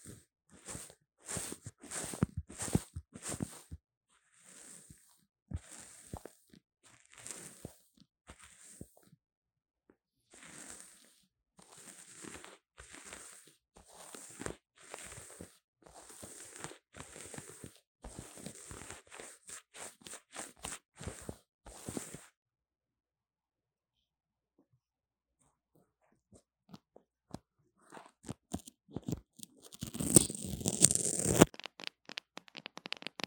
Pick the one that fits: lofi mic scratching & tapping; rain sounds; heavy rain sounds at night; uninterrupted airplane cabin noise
lofi mic scratching & tapping